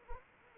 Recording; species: mosquito wingbeat signal from an infrared sensor; Anopheles arabiensis